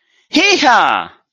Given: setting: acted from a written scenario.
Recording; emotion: vocal sound without words; triumph